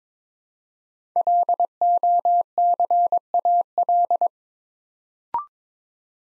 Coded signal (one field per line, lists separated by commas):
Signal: Morse code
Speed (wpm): 23 wpm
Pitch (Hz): 700 Hz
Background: none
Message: LOCAL